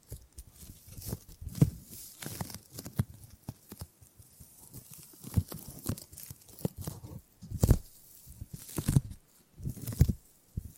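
Gripping and grabbing sounds: irregular bursts of rustling and soft thuds, some sharp and bright, with brief quiet gaps between handfuls.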